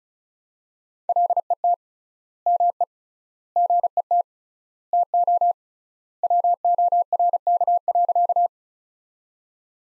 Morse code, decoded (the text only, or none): LET ME GET TO WORK.